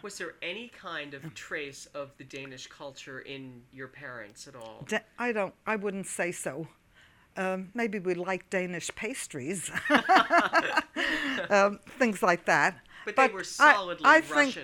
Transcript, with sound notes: Was there any kind of a trace of the Danish culture in your parents at all?
I don't, I wouldn't say so. Maybe we liked Danish pastries. ( she laughs ) Things like that.
But they were solidly Russian.